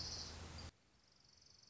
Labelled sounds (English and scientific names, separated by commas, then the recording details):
Orange-crowned Warbler (Leiothlypis celata)
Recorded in Sonoma County, California